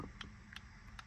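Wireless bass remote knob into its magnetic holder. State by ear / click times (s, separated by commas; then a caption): seated / 0.2 s, 0.6 s. An LFAudio wireless bass remote knob is placed into its small magnetic holder and snaps in place, with sharp clicks at 0.2 s and 0.6 s over a steady low rumble. Another similar tick follows at about 1.0 s. The knob sits seated in its holder.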